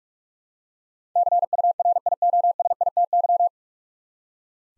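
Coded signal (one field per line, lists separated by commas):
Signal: Morse code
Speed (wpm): 45 wpm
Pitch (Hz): 700 Hz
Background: none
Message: CURIOSITY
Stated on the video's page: Morse head-copy practice at 45 wpm sending nine-letter words, each word sent, spoken, then sent again.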